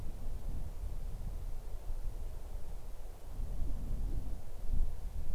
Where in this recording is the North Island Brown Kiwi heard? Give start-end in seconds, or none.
none